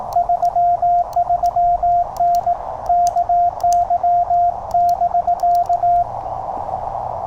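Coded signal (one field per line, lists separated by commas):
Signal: Morse code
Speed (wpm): 18 wpm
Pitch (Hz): 700 Hz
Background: radio noise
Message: 33N KY <BK>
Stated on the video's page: QRP CW Parks on the Air activation with a Penntek TR-35, under poor propagation; the keyer acted up, changing speed while sending.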